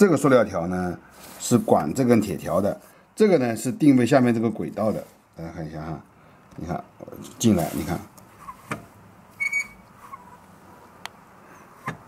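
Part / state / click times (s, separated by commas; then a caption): sash steel latch bar into the lower window track guide / partly seated / 11.1 s. Someone talks while pushing the sash of a 26-year-old double-layer plastic-and-steel window, whose plastic strip guides a steel latch bar, toward the lower guide track. Light handling knocks follow, then a hard, sharp knock at 11.1 s as the steel bar butts against the track. The bar is not yet in position, so it jams against the track and does not lock.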